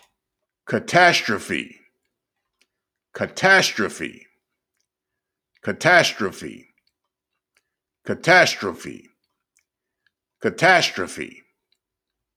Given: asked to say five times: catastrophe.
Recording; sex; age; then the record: repeated word; male; 50 to 59 years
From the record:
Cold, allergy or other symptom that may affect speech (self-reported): no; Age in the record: 56 years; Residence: Georgia, United States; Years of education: 16